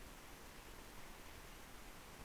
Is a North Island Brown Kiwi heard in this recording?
no